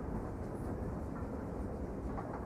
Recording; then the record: background sound without coughing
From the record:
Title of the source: Train Ride Ambience ambient white noise for sleeping, focus, studying, reading